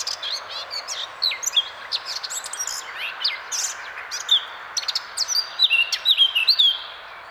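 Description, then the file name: Eurasian blackcap: warbling songbird with scratchy chatter and fluty whistled phrases, rising and falling against steady background noise. "Sylvia atricapilla"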